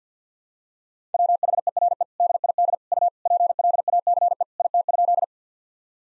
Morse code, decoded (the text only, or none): WHERE DID U PLACE IT?